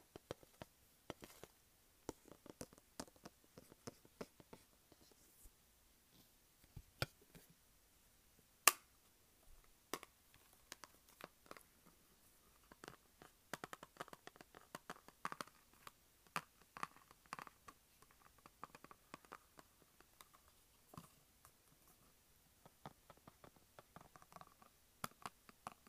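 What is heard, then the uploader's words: Tapping and scratching on a makeup palette, a constant stream of small, sharp clicks and scrapes with no steady beat. The taps come in dense clusters with brief pauses, and one much louder crack stands out near nine seconds. Tapping and scratching makeup pallet.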